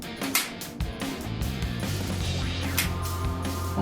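A prefilled injection pen, unlocked and pressed firmly against the stomach with its button pushed, gives a sharp click at 0.4 s as the injection starts and a second click at 2.8 s, over steady background music. The pen fires and its mechanism clicks twice, once at the beginning and once at the end.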